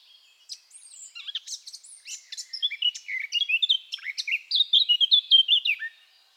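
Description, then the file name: Eurasian blackcap song: quiet chattering twitters swell into clear, rich whistled notes in a brisk series, closing on a single falling note. "Sylvia atricapilla"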